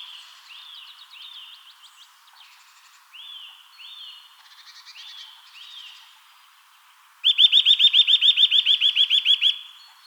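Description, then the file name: Eurasian nuthatch giving soft, upslurred piping whistles at a moderate pace, then a sudden loud, fast trill of rising notes lasting about two seconds. "Sitta europaea"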